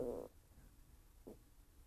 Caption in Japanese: めっちゃお腹が鳴ったんだけど。 久々にこんなになったね。 基本そんなお腹って鳴らないけど、 なんか授業中とかテストの時とか、なんか静かな時になるよね。